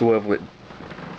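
The spring-loaded steel folding bayonet of a Russian SKS-45 rifle is handled, swung on its swivel toward its lock on the rifle, while someone talks briefly at the start. After the speech, only a low, steady background hiss remains. Nothing has seated or clicked yet.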